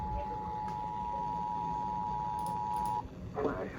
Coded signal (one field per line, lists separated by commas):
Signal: Emergency Alert System (SAME) tones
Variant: 853 and 960 Hz attention tone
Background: speech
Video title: NINE ELEVEN WEATHER- EAS Alerts on 9/11/2022 (EAS #237-249)